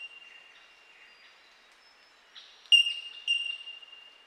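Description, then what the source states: Bell miner calls, clear pure tinkling notes held at a steady pitch, with a louder ringing ping near the end followed by another. Recorded 26 June 2012.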